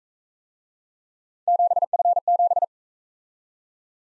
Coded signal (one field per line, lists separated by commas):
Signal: Morse code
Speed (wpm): 40 wpm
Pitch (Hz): 700 Hz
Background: none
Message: 7F7